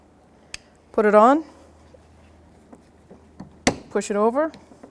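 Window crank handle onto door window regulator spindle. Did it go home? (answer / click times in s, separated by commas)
no / none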